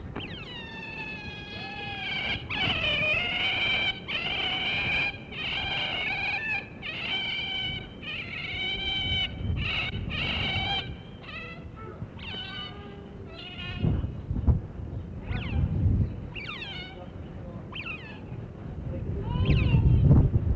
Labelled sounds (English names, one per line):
European Otter call